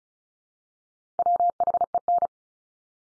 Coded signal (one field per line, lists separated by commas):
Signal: Morse code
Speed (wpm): 34 wpm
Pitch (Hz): 700 Hz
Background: none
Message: WHEN